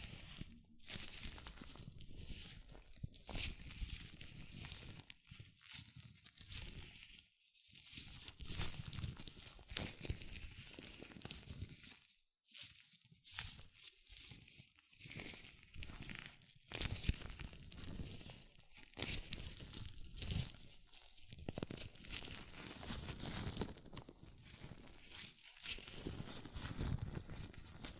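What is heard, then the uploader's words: Latex gloves rub, stretch and squeak against hands in a dense, continuous run of crinkly, bright friction. The texture shifts constantly with brief gaps, one clear pause near twelve seconds, and quick snaps and peaks scattered throughout. ASMR Latex Gloves Hand Sounds (No Talking).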